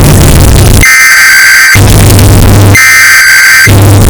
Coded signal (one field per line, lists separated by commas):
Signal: Emergency Alert System (SAME) tones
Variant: header bursts